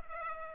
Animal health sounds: mosquito wingbeat signal from an infrared sensor; Culex pipiens

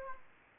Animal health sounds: mosquito wingbeat signal from an infrared sensor; Anopheles gambiae

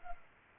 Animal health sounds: mosquito wingbeat signal from an infrared sensor; Culex pipiens

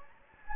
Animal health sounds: mosquito wingbeat signal from an infrared sensor; Anopheles gambiae

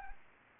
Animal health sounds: mosquito wingbeat signal from an infrared sensor; Anopheles arabiensis

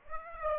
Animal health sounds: mosquito wingbeat signal from an infrared sensor; Aedes aegypti

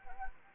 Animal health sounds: mosquito wingbeat signal from an infrared sensor; Anopheles arabiensis

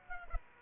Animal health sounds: mosquito wingbeat signal from an infrared sensor; Aedes aegypti

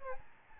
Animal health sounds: mosquito wingbeat signal from an infrared sensor; Aedes albopictus

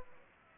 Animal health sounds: mosquito wingbeat signal from an infrared sensor; Aedes aegypti

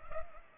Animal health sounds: mosquito wingbeat signal from an infrared sensor; Culex pipiens

